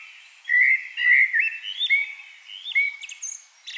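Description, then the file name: Common blackbird giving a sweet, fluting whistled phrase that rambles up and down, then trails into high twittering notes. "Turdus merula"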